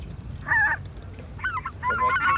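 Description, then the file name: Greater white-fronted goose calls: a single clear yelping honk, a pause, then a quick pair of calls building into overlapping chatter from several geese. Flock chorus of calling geese, for an electronic hunting caller. "Белолобый базар"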